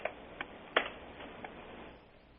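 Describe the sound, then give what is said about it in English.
A few irregular computer keyboard taps, typing "real estate" into a search, click out over a quiet hiss, one keystroke noticeably sharper and louder than the rest, with no talking. “I just typed in real estate.”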